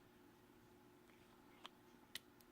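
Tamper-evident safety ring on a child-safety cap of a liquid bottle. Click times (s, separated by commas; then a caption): 2.2 s. Pressure is put on the child-safety cap of a plastic Cloud Nectar e-liquid bottle and the cap is turned until its tamper-evident safety ring breaks. Over a steady low hum, a sharp tick at 1.7 s comes before the louder, brief click at 2.2 s, then a faint tick at 2.4 s. The click at 2.2 s marks the safety ring breaking, releasing the cap.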